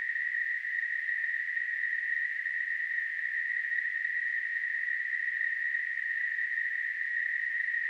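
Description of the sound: A steady, even hiss centred in the mid-high pitch range, near 2 kHz, runs unchanged for about eight seconds with no pauses or pulses. This is a simulated tinnitus sound, imitating a constant ringing or hissing noise heard in the ears.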